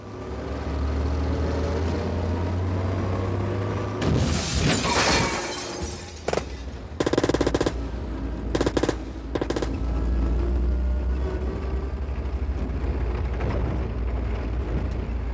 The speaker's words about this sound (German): Tut mir leid um deinen Wagen. Ich musste ihn rammen.